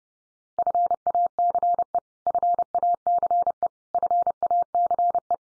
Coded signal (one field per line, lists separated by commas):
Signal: Morse code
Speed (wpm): 30 wpm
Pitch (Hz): 700 Hz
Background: none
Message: FACE FACE FACE